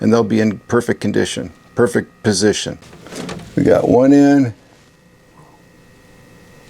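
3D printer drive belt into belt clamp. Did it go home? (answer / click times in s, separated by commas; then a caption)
no / none. On a Prusa XL 3D printer, with the first drive belt already in, the second belt end is handled and lined up at a belt clamp printed in polycarbonate carbon fiber (PC-CF) before being pushed in. Someone talks over quiet handling noises, and then it goes nearly silent. Nothing has seated or clicked yet.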